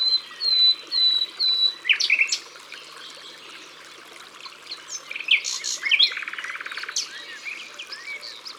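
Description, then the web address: Common nightingale song: a run of clear high whistled notes, then sharp chirps and a fast buzzy rattle. "Rossignol philomele. abc de la nature"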